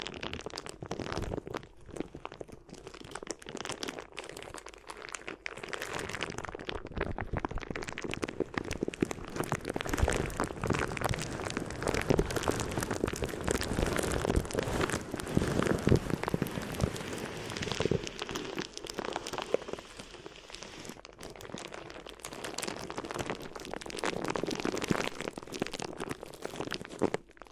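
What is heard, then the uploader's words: Crinkly material is rubbed and crumpled in a dense, continuous crackle, like rain pattering on a surface. The rustling is rapid and irregular throughout, fuller through the middle stretch and thinning slightly near the end, with no pauses. ASMR Addictive Crinkly Ear Massage (No Talking).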